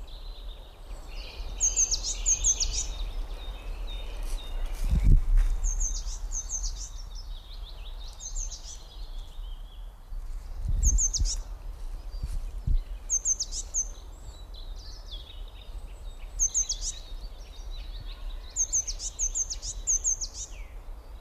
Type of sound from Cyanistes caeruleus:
call